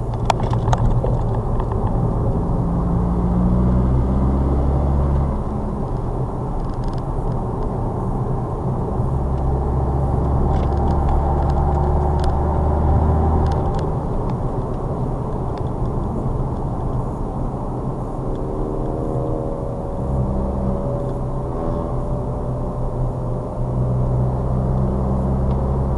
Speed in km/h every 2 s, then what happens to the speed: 63, 60, 58, 68, 69, 81, 90, 82, 74, 71, 69, 68, 69.
0-5 steady at about 60. 5-12 speeds up to 90. 12-19 slows to 69. 19-26 steady at about 69.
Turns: none.